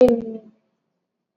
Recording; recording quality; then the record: sustained vowel as in made; poor, much background noise or distortion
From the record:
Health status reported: exposed to COVID-19, no respiratory illness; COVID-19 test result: not tested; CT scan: not taken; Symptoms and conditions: none ticked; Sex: female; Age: 32 years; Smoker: no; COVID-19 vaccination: both doses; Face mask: worn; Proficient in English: yes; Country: India